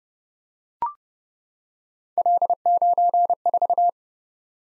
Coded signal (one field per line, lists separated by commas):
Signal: Morse code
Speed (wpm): 30 wpm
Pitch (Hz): 700 Hz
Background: none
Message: L94